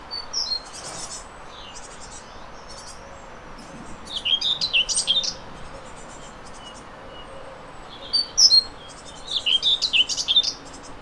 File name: mezei poszata hangja